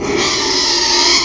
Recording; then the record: squeal of a Yucatan mini pig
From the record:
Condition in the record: after surgery on the right vocal fold (resection and tissue-engineered implant); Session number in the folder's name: 2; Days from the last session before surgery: 13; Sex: male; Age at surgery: 12 weeks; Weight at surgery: 13 kg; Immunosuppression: cyclosporine, prednisolone